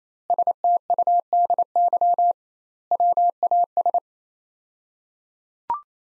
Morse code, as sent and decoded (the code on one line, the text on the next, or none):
... - ..- -.. -.-- / .-- .- ...
STUDY WAS